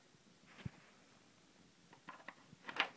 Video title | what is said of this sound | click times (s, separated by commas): HP 100B All-in-One PC: How To Remove Back Cover & Replace Memory (RAM) | five and you'll hear little snapping sounds um you're not breaking the plastic it's just the uh | 2.7 s, 2.8 s